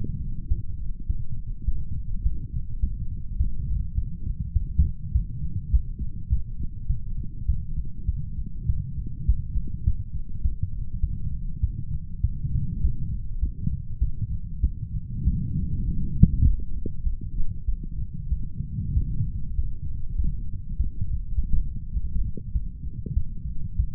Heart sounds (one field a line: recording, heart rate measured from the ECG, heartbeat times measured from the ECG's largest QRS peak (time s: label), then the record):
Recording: heart sounds by stethoscope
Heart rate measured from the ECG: 100 bpm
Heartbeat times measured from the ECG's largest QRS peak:
0.48 s: heartbeat
1.07 s: heartbeat
1.65 s: heartbeat
2.23 s: heartbeat
2.80 s: heartbeat
3.37 s: heartbeat
3.95 s: heartbeat
4.53 s: heartbeat
5.12 s: heartbeat
5.71 s: heartbeat
6.29 s: heartbeat
6.87 s: heartbeat
7.46 s: heartbeat
8.06 s: heartbeat
8.66 s: heartbeat
9.26 s: heartbeat
9.84 s: heartbeat
10.42 s: heartbeat
11.01 s: heartbeat
11.61 s: heartbeat
12.21 s: heartbeat
12.81 s: heartbeat
13.40 s: heartbeat
13.99 s: heartbeat
14.61 s: heartbeat
15.24 s: heartbeat
15.85 s: heartbeat
16.44 s: heartbeat
17.03 s: heartbeat
17.66 s: heartbeat
18.29 s: heartbeat
18.94 s: heartbeat
19.55 s: heartbeat
20.16 s: heartbeat
20.77 s: heartbeat
21.35 s: heartbeat
21.94 s: heartbeat
22.53 s: heartbeat
23.14 s: heartbeat
23.77 s: heartbeat
From the record:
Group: healthy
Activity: light exercise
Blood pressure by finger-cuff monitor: 125/79 mmHg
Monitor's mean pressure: 95 mmHg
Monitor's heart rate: 100 bpm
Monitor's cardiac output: 7.5 L/min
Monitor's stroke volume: 75 mL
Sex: male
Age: 35 years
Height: 178 cm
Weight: 64 kg